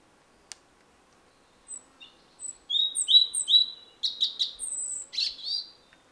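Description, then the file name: European robin song: a sharp click, soft opening notes, then a run of sweeping whistled notes, jumbled trills and a high thin whistle near the end. "Erithacus rubecula"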